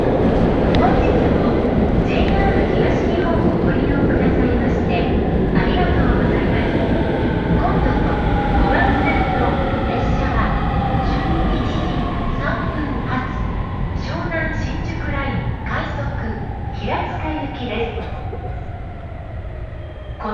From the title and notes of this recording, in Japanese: 鉄道旅 宇都宮線 浦和→古河。